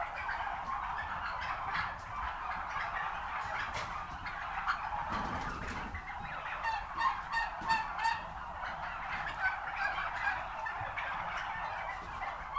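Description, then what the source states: Turkeys keeping up a steady gobbling chorus, with some short louder gobbles standing out from the crowd noise. Recorded at a turkey farm.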